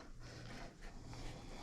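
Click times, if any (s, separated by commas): none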